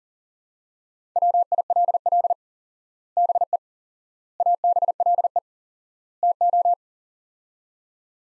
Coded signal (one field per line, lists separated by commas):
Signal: Morse code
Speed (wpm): 37 wpm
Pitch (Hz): 700 Hz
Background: none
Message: WILL BE ABLE TO